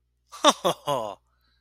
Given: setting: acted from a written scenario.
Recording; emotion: vocal sound without words; positive surprise